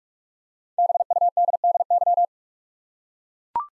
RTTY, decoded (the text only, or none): none